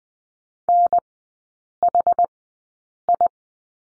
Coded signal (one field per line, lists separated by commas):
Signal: Morse code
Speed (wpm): 20 wpm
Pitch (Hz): 700 Hz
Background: none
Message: NHI